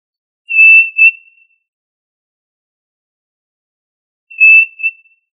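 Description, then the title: Tinamou whistles: two pure, level whistled notes, each about one second long, nearly four seconds apart, with silence between them. "Familia Tinamidae - Quail - Puyuh"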